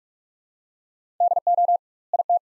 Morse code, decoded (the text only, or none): DO IT